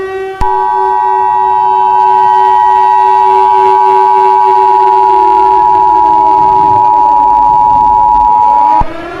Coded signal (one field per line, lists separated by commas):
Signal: Emergency Alert System (SAME) tones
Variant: 853 and 960 Hz attention tone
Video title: EAS Scenario: War Against Ares and Evil Greek Gods